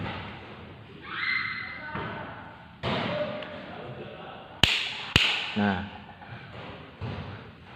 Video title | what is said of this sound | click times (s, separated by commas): 19 September 2020 | sudah bunyi klik berarti Tira sudah sesuai dengan spesifikasi tak heran jika pasang penutup | 4.6 s